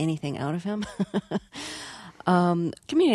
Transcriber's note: soundbite of laughter